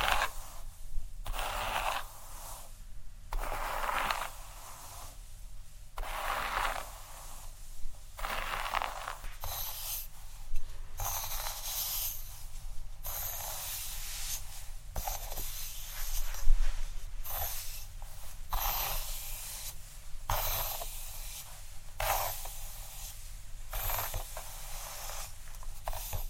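Scalp massage with rhythmic scratching and rubbing strokes, bursts of bright hiss recurring about every second or two over a steady low hum.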